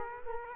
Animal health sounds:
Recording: mosquito wingbeat signal from an infrared sensor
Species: Culex quinquefasciatus

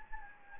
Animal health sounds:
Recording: mosquito wingbeat signal from an infrared sensor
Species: Anopheles gambiae

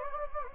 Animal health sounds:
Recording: mosquito wingbeat signal from an infrared sensor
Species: Anopheles gambiae

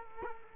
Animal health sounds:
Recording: mosquito wingbeat signal from an infrared sensor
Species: Culex quinquefasciatus

